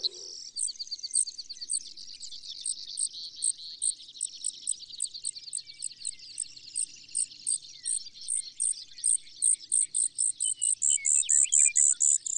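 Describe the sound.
Bird song of high, rapid trilled phrases around a steady buzzy band, with sharp repeated notes recurring about twice a second and growing louder toward the end.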